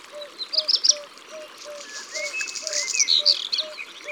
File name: Rougequeue noir